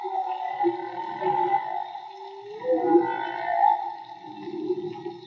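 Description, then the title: Whale song with low moaning tones and a rising upsweep near three seconds, over steady droning hums and soft grunting pulses below. Field recording made with DIY hydrophones built by the recordist; audio cleaned afterward. "CANTO DE BALLENAS MAGMA"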